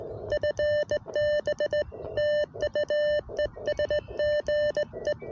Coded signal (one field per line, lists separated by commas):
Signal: Morse code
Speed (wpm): 17 wpm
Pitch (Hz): 600 Hz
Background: none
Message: FB TU ES GE